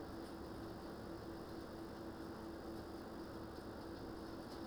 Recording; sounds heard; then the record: poultry house recording; no chicken sound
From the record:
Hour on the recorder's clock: 20